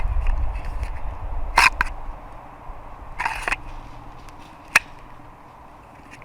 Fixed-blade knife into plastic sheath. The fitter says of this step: listen for these clicks very